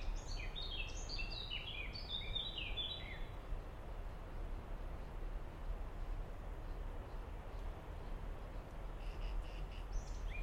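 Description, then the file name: Common blackbird singing a brief burst of twittering, downward-sliding whistled notes for about three seconds, then mostly hiss, with a few faint notes near the end. "merle"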